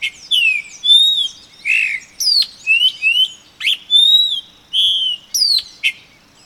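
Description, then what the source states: Epaulet oriole singing a fast run of loud, clear whistled and slurred notes, some swooping down sharply, delivered in quick bursts with hardly a pause. Recorded on 31 August 2011.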